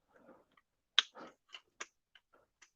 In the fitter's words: satisfying click oh it